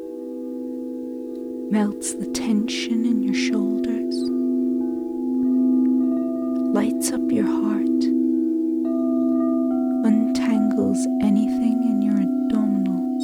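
Sound bowls ring in long, steady overlapping tones, a low hum with several higher pure notes sustained throughout. Short bright clicks and rustling taps break in around two to four seconds, near seven seconds, and again from ten seconds onward.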